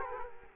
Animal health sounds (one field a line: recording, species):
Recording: mosquito wingbeat signal from an infrared sensor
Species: Culex quinquefasciatus